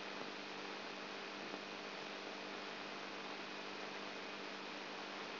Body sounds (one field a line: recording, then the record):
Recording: brain microelectrode recording played as sound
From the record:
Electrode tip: outside the subthalamic nucleus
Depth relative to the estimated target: 3 mm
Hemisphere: right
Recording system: AlphaMap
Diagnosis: Parkinson's disease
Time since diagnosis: 12 years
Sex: female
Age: 59 years